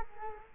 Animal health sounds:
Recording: mosquito wingbeat signal from an infrared sensor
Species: Culex quinquefasciatus

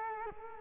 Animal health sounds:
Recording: mosquito wingbeat signal from an infrared sensor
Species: Culex quinquefasciatus

